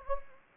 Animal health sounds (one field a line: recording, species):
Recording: mosquito wingbeat signal from an infrared sensor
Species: Anopheles gambiae